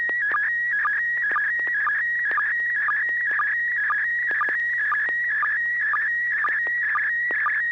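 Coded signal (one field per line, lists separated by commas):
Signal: SSTV (slow-scan television)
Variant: PD120 mode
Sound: warbling tone around 2 kHz with steady rhythmic low blips, about two per second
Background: low electrical hum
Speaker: are you ready to send a picture let me check for tone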